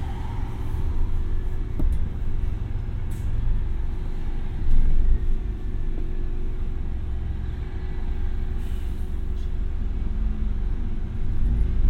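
A bus ride in Brighton, with a steady low engine rumble filling the whole twelve seconds and a faint constant whine running underneath. A few sharp clicks and rattles break through, near two and six seconds, and a brief hiss rises around five seconds.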